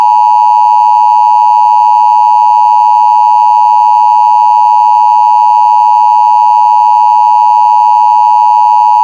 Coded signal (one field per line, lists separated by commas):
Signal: Emergency Alert System (SAME) tones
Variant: 853 and 960 Hz attention tone